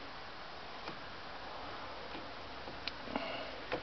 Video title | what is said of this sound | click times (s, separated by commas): Myford ML7 Lathe Restoration Episode 5b | There we go, and it just clicks into place, | 2.9 s